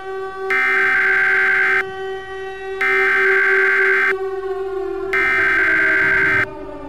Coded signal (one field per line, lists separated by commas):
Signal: Emergency Alert System (SAME) tones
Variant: header bursts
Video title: EAS Scenario #3: Angry Munci